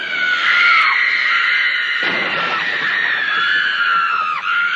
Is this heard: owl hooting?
no